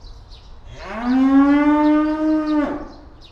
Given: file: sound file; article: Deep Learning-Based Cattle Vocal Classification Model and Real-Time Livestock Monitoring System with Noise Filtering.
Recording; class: cattle; estrus call